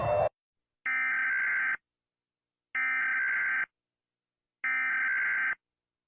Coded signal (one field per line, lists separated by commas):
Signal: Emergency Alert System (SAME) tones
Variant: header bursts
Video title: pov: You hear this EAS alarm #mrincrediblebecominguncanny